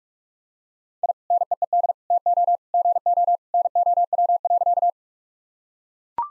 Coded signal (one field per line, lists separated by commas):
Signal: Morse code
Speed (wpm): 44 wpm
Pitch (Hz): 700 Hz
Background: none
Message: I NEED TO GO NOW.